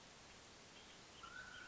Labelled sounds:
Mountain Quail (Oreortyx pictus)
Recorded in Sonoma County, California

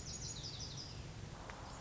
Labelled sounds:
Lazuli Bunting (Passerina amoena)
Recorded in Sonoma County, California

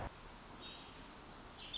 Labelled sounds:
Pacific Wren (Troglodytes pacificus)
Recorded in Sonoma County, California

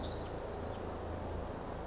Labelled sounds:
Pacific Wren (Troglodytes pacificus)
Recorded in Sonoma County, California

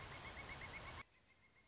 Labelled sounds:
Pileated Woodpecker (Dryocopus pileatus)
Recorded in Sonoma County, California

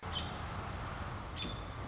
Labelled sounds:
American Robin (Turdus migratorius)
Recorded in Sonoma County, California

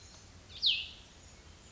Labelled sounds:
Cassin's Vireo (Vireo cassinii)
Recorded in Sonoma County, California

